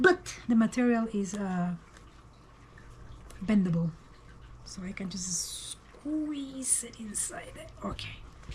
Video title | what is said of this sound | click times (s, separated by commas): Angels - How to paint a Vinyl Kit Class Intro | Yeah, I pulled this thing too soon. I did not have the leg lock into place. | none